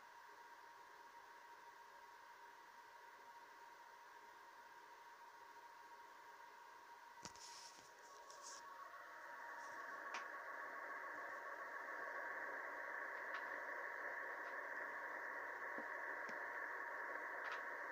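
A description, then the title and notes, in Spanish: A NavTex maritime radio transmission arrives as a steady hiss with thin, constant tones under it. Around seven seconds a few sharp clicks and crackles break through. Soon after, the signal swells into a louder, brighter warble that holds to the end, dotted with occasional ticks. Recibiendo transmisión marítima NavTex con Tecsun PL-880 y FLDigi en 519 kHz LSB (LW) desde Mar del Plata (Argentina).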